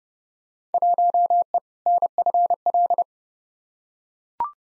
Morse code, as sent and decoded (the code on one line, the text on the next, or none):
.---- . / -. ..-. .-..
1E NFL